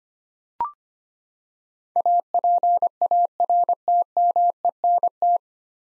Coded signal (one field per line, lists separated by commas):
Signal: Morse code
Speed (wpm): 25 wpm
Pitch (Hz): 700 Hz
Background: none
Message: APARTMENT